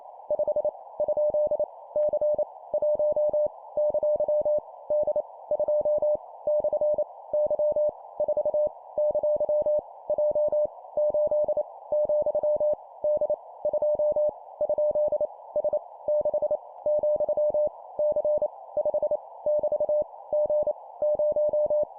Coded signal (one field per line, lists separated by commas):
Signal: Morse code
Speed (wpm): 28 wpm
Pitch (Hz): 600 Hz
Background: none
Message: 5 ? C 1 ! D 2 / Y 4 ! J 8 , D 2 ? S 6 , C 5 <BT> G 0